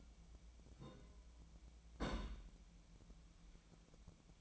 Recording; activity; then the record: daily activity, microphone in the room; place on stove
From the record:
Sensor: 1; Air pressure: 1010.0 hPa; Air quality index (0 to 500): 187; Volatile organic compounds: 17 ppm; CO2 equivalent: 2573 ppm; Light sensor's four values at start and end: 38/97/40/49 and 38/97/40/49